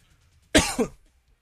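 One abrupt, harsh cough with a brief voiced throat-clearing tail: an adult man clearing his airway after choking.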